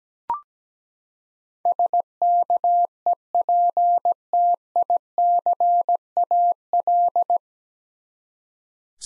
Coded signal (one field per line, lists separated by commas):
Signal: Morse code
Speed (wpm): 17 wpm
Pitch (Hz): 700 Hz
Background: none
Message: SKEPTICAL